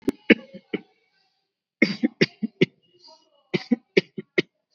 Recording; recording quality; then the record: shallow voluntary cough; excellent, no background noise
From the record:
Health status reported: COVID-19 positive, moderate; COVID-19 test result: positive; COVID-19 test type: RT-PCR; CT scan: not taken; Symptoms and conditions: cough, fever, fatigue, muscle pain, loss of smell and taste, diabetes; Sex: male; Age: 39 years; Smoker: no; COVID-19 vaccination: both doses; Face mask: not worn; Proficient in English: no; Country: India